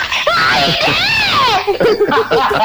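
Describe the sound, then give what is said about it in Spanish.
A person imitates a loud, high-pitched scream, the one played in a radio promo each time the program returns to air. It rises and falls in a long wavering arc for over a second, then breaks into brief excited vocal sounds. “Y en cada momento que nosotros volvemos al aire, sale ese grito”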